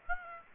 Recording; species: mosquito wingbeat signal from an infrared sensor; Aedes aegypti